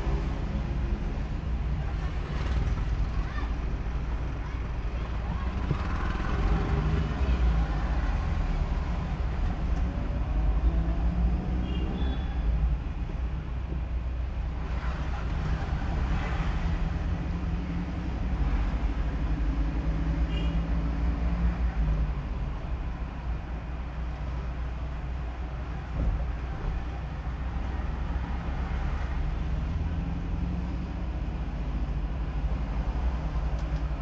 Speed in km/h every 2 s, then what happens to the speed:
22, 21, 20, 14, 5, 1, 0, 7, 19, 15, 16, 19, 24, 23, 16, 14, 13.
4-9 brakes to 1. 9-13 standing. 13-16 pulls away to 19. 16-21 steady at about 16. 21-24 speeds up to 24. 24-28 slows to 16. 28-34 steady at about 14.